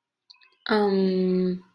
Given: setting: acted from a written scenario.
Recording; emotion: vocal sound without words; confusion